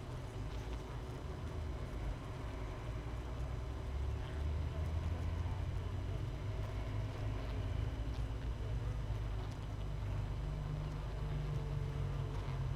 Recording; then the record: honeybee colony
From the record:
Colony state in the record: missing queen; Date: 31 May 2018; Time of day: 6:09